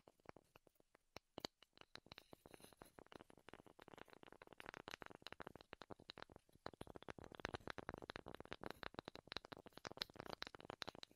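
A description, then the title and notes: Wooden ASMR triggers: quick, crisp taps and clicks on wood, scattered at first and then thickening after about two seconds into a dense, uneven patter. Bursts of rapid tapping and scratchy rubbing continue to the end, with brief pauses between flurries. ASMR Wood Triggers in Your Ears (No Talking).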